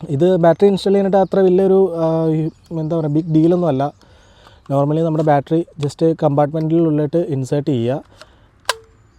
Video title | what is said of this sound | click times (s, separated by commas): BOUGHT A DJI DRONE - ഒരു പുതിയ drone വാങ്ങി - DJI MINI 3 PRO MALAYALAM USER REVIEW - UNBOXING | ഈ ക്ലിക്ക് എന്നുള്ള സൗണ്ടിൽ ആ ബാറ്ററി അവിടെ കേറി ലോക്ക് ആയി എന്നുള്ളതാണ് അത് ഉദ്ദേശിക്കുന്നത് | 8.7 s